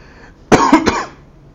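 An adult man gives a short burst of three quick coughs.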